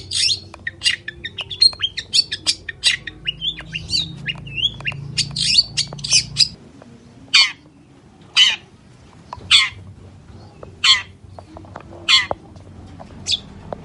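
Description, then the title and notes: Long-tailed shrike giving a fast run of harsh chattering notes, then slower single rasping squawks repeated roughly once a second. Morning song with varied 'toet toet' notes. "Cendet Gacor Dor Di Kala Pagi Toet Toet Variasi Suara. PANCINGAN CENDET MALAS BUNYI CENDET MACET CENDET STRESS. Burung cendet"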